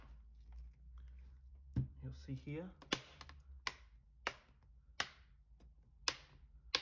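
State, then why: Seated. Someone talks while pressing around the edges of the plastic bottom base cover of a Lenovo ThinkPad T14 Gen 2 laptop so its clips snap into the chassis. Sharp clicks are heard at 3.7, 4.3, 5.0, 6.1 and 6.8 s. The cover is clicked in well and seated.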